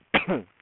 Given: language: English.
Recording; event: throat vibration sensor signal played as sound; cough